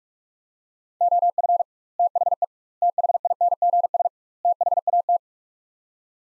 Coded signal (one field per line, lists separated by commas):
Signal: Morse code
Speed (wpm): 42 wpm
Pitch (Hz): 700 Hz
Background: none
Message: OF THE THINGS THAT